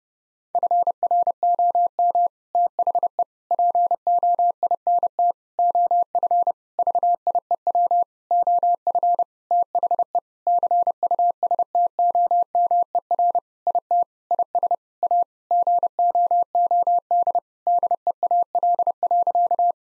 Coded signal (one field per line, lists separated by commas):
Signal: Morse code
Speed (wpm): 30 wpm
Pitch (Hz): 700 Hz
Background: none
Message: FROM THE POINT OF VIEW OF THE CUSTOMER IT IS A GOOD DEAL.